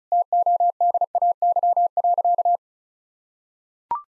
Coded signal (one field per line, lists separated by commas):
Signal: Morse code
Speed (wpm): 34 wpm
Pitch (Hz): 700 Hz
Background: none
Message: TODAY.